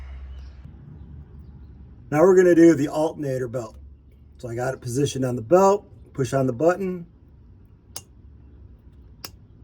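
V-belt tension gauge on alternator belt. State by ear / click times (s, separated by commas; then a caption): torque reached / 8.0 s. Someone talks while a Krikit V-belt tension gauge rests on an alternator belt and its button is pushed. The gauge lever trips with a sharp click at 8.0 s, followed by another brief tap at 9.3 s. The confirmed reading is only about 55 lb, so the belt needs tightening.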